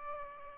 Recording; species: mosquito wingbeat signal from an infrared sensor; Aedes albopictus